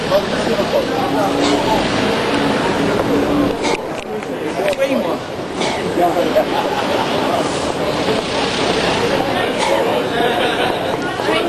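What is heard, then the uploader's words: A walk around Soho: steady, dense chatter of many overlapping voices, with a few sharp clicks and the hum of passing traffic underneath. A little walk around Soho.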